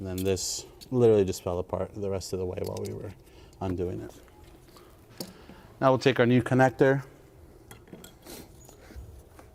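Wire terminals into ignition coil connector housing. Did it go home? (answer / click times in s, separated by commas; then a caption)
no / none. Wire terminals are lined up and fed toward a new ignition coil connector housing on a 1999–2003 Audi C5 S6 / D2 S8 during an ignition coil and spark plug replacement, while someone talks. Faint, brief handling ticks are heard around 5.2, 7.7–8.0 and 9.4 seconds. The terminals have not been pushed home, and nothing has clicked into the connector yet.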